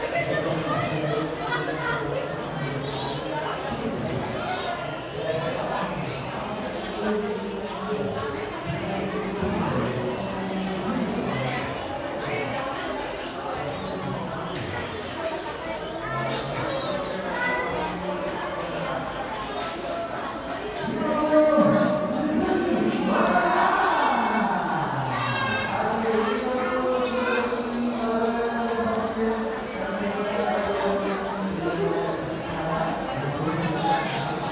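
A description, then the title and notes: Cafe chatter: many overlapping voices talk steadily throughout, with a louder burst of voices and clatter around twenty-two to twenty-five seconds. Phone recording [15]: Cafe.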